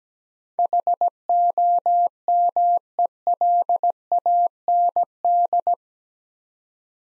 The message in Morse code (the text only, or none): HOMELAND